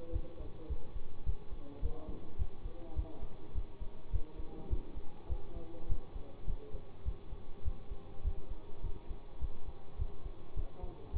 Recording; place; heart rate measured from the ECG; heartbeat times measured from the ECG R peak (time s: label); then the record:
heart sounds by stethoscope; between the tricuspid and mitral areas; 104 bpm
0.12 s: heartbeat
0.68 s: heartbeat
1.25 s: heartbeat
1.81 s: heartbeat
2.38 s: heartbeat
2.95 s: heartbeat
3.54 s: heartbeat
4.12 s: heartbeat
4.69 s: heartbeat
5.28 s: heartbeat
5.88 s: heartbeat
6.46 s: heartbeat
7.04 s: heartbeat
7.64 s: heartbeat
8.23 s: heartbeat
8.82 s: heartbeat
9.40 s: heartbeat
9.98 s: heartbeat
10.55 s: heartbeat
11.12 s: heartbeat
From the record:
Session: bicycle stress test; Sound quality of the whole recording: good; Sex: male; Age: 24 years